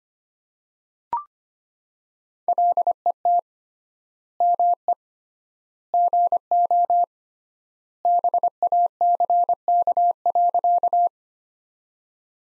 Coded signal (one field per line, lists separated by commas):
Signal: Morse code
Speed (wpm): 25 wpm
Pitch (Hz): 700 Hz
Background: none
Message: LET ME GO BACK.